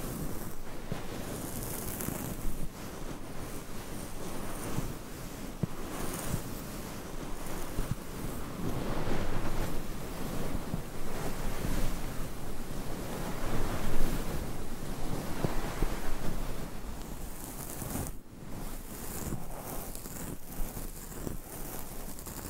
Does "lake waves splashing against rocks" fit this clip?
no